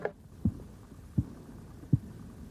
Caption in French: Je dégonfle progressivement le brassard et avec un stéthoscope placé sur l'artère, je vais écouter à quel moment vont reprendre les battements interrompus par l'arrêt de la circulation. L'aiguille sur le manomètre de l'appareil indique, je crois, 13 au moment où j'ai senti la reprise des battements. Il est excellent, il n'y a rien à dire.